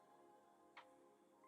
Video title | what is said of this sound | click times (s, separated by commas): REALME BUDS Q2 in 2022 - Quick unboxing + review | and it has a magnetic type of feel it's not magnetic body but you know it's kind of click sound which i really like | 0.8 s